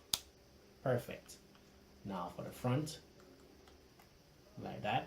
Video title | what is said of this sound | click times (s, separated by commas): Panasonic Lumix G7 Kit Review | then you twist to the right clockwise till I hear it click perfect | 0.1 s